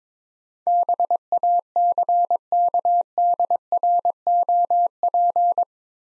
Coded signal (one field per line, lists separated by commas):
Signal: Morse code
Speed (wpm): 22 wpm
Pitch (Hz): 700 Hz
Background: none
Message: BACKDROP